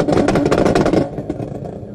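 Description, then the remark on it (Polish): A vintage Syrena car engine at a classic car rally revs hard with a loud, rough roar for about a second, then drops back to a quieter, uneven rumble. “Jednak jak Syrenka zrobi brym-brym, to jest jednak coś.”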